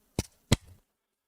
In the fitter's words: that little magnetic just little snap just the